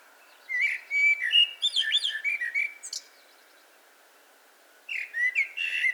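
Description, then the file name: Eurasian blackbird singing a rich warbled phrase of fluted whistles with high squeaky flourishes, a pause, then another phrase starting. "Turdus merula"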